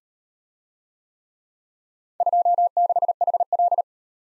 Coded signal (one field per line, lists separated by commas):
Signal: Morse code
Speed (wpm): 38 wpm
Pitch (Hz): 700 Hz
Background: none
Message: 26HL